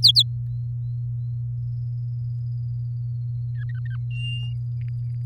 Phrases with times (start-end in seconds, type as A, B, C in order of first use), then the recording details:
0.03-0.23 A, 3.55-3.97 B, 4.11-4.54 C. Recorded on 8 May 2018 at 19:44. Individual llb16